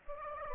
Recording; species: mosquito wingbeat signal from an infrared sensor; Aedes aegypti